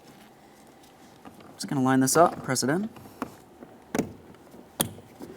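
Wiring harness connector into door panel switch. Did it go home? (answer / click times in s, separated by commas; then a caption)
yes / 4.8 s. Someone talks while a plastic wiring harness connector for the mirror, window and door lock switches is lined up and pressed into the door panel switch on a 2015-2019 Subaru Outback front door. A sharp click at 4.8 s marks the connector seating, and a light tug then confirms it is secured.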